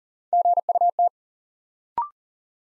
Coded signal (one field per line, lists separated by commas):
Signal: Morse code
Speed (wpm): 42 wpm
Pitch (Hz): 700 Hz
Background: none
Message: GUT